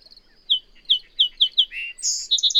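Bird song with five sharp chirps, a lower buzzy note, then a burst of quick high warbled notes.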